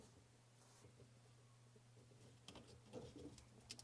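The two halves of a reused plastic counterweight are pressed together around a new pulldown sprayer hose at a taped mark, on a Moen Adler kitchen faucet. A steady low hum runs under light handling noises that grow busier after 2.5 s, with two short sharp taps near the end. Nothing has clicked into place yet.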